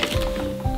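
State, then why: Not seated. A Belife cordless stick vacuum body is handled against its extension pole, giving soft handling noise with a brief sharp tick at 0.0 s and light bumps over a steady musical hum. Nothing has seated or clicked yet; the body is not yet locked onto the pole.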